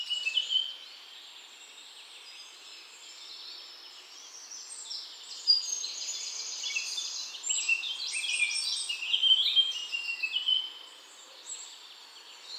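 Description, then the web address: Bird chorus: a short burst of chirps, a quieter stretch, then a long dense run of high overlapping twitters and trills. "nice chirping of birds"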